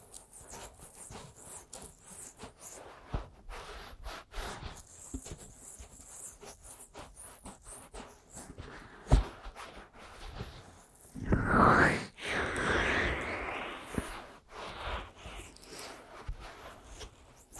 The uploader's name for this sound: Aggressive Ear Massage & Tapping